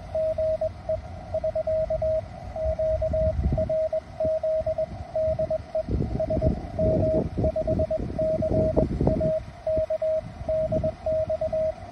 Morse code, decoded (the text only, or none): GE <SK> Q RZ DE SM5CAK DX